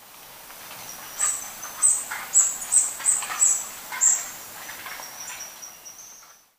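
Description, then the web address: Spotted barbtail calls: several sharp, very high notes at short, uneven intervals, with a thin steady high whistle running underneath and a faint hiss behind. Ecuador. "Birds of Ecuador Spotted Barbtail"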